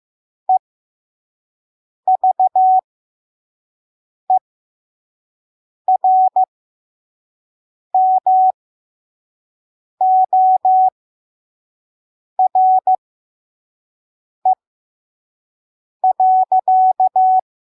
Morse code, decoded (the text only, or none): EVERMORE.